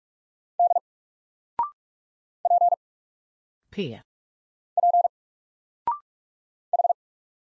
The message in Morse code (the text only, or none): D P P H